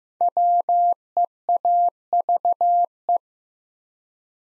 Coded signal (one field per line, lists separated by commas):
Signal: Morse code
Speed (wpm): 15 wpm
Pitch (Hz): 700 Hz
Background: none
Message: WEAVE